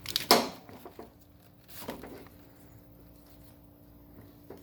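A crimped wire terminal for the 300M/Intrepid fan harness on a 5.3L LS-swapped S10 is pushed through the weather-seal membrane into cavity 33 of a plastic connector. Two small ticks lead into a sharp, bright snap at 0.3 s as the terminal locks into place, followed by faint handling sounds. The terminal is seated.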